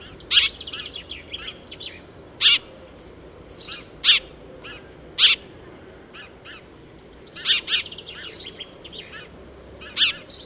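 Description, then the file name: House sparrow giving loud, bright, clipped chirps every second or two among many quieter chirps. "Wróbel"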